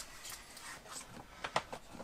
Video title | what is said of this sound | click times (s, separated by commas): ⚡ L'ENERGIE EN CAMPING-CAR ⚡ | redescend un coup voilà folan clip et faut redescendre un coup comme ça après il peut plus sortir voilà | 1.6 s